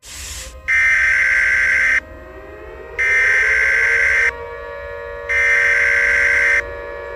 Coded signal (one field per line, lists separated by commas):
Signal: Emergency Alert System (SAME) tones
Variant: header bursts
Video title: EAS SCENARIO 4: Tacodile Attack